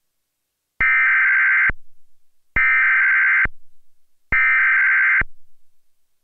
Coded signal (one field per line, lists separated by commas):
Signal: Emergency Alert System (SAME) tones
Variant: header bursts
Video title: Tornado Warning EAS - May 21, 2011 | Anoka County, Minnesota